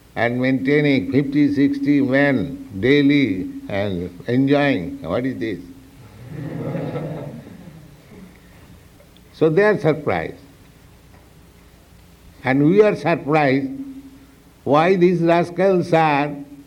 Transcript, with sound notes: and maintaining fifty, sixty men daily and enjoying. What is this?" [laughter] So they are surprised. And we are surprised why these rascals are